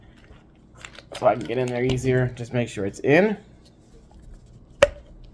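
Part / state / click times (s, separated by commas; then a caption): plastic sponge filter component pressed onto the filter base / seated / 4.8 s. Someone talks while pressing a plastic part of an aquarium sponge filter down onto the filter base. A single sharp snap is heard at 4.8 seconds as the piece seats firmly, so it will not fall off.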